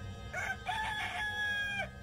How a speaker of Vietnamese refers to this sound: trời còn tờ mờ sáng thì tiếng gà gáy làm cho Nam thức giấc